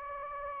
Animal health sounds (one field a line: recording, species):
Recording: mosquito wingbeat signal from an infrared sensor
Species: Anopheles gambiae